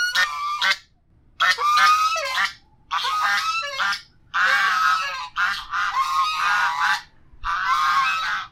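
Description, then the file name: Goose honking loudly, several harsh, brassy calls, some broken into two parts, with short gaps between them. "Con Ngong Va Con Vit"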